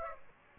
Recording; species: mosquito wingbeat signal from an infrared sensor; Aedes aegypti